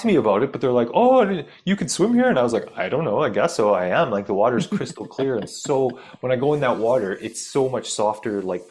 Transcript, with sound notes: talk to me about it, but they're like, "Oh, you can swim here?" And I was like, "I don't know. I guess so, I am."
(laughs)
Like, the water's crystal clear and so when I go in that water, it's so much softer.